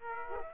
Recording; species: mosquito wingbeat signal from an infrared sensor; Aedes aegypti